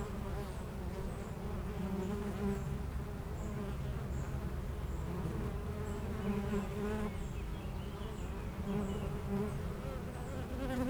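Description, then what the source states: Honey bees buzzing in a dense, continuous low hum with wavering harmonic bands, faint high bird notes behind. Foraging honey bees flying constantly to and from flowers between two hives of a garden apiary in Aix-les-Bains, France; a few birds in the nearby woods.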